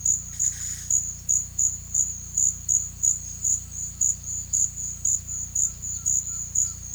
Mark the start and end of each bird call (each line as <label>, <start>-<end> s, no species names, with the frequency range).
bird call (0.8-14.7 kHz), 0.29-0.89 s
bird call (1.0-1.8 kHz), 5.26-6.79 s